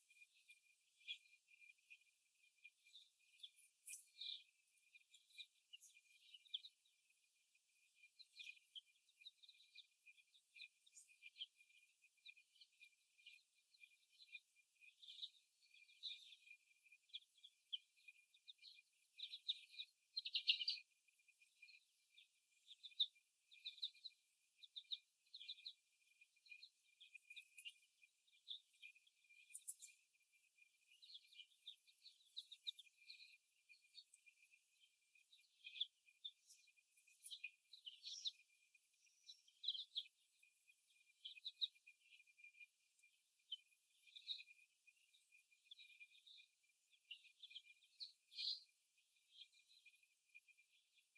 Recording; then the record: young laying hens in a cage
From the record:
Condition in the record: before the stressor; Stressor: simulated dog barking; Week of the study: 1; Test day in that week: 1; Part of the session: 4